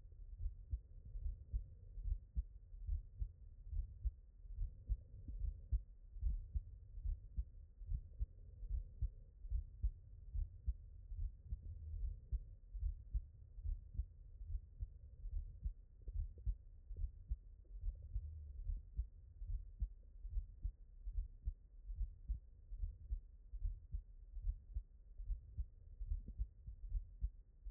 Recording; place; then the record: heart sounds by stethoscope; mitral valve (MV)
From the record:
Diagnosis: non-HFrEF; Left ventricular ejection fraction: 58%